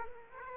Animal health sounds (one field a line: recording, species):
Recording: mosquito wingbeat signal from an infrared sensor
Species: Aedes aegypti